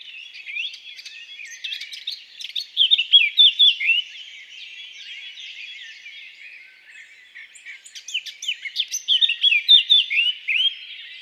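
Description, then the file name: Eurasian blackcap singing two phrases, each opening with quiet scratchy chatter and ending in a loud burst of rich fluty whistles. "Sylvia atricapilla"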